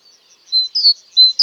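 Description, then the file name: Great tit calling with thin, bright whistled notes: a level tone, a falling double note, then more level tones, with faint soft chips before. "Parus major"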